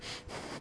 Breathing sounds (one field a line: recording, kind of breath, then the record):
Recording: one breath in and out by a microphone near the nose and mouth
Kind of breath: strong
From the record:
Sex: male